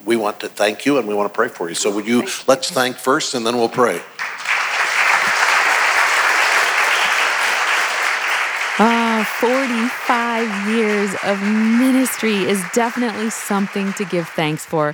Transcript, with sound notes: We want to thank you, and we want to pray for you. Let’s thank first, and then we’ll pray. (applause)
Wow! Forty-five years of ministry is definitely something to give thanks for!